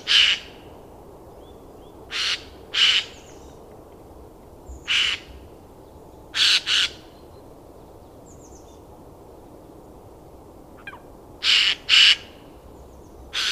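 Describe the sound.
Eurasian jay harsh, hoarse screeches, about nine short bursts given singly or in pairs at irregular intervals, with quiet gaps between.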